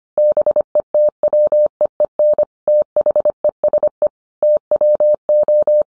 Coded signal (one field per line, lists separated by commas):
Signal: Morse code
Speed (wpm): 25 wpm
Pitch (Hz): 600 Hz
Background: none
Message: BETWEEN THESE TWO